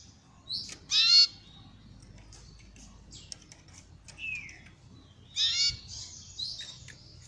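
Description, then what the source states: Belgian canary singing two loud ringing bursts several seconds apart, with buzzy slurs and faint ticking between them. Copper-coloured Belgian canary.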